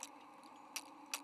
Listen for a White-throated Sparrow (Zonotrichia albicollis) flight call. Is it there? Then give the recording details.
no. No flight call is heard. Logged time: 04:02 on 17 November 2014